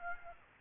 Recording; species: mosquito wingbeat signal from an infrared sensor; Aedes aegypti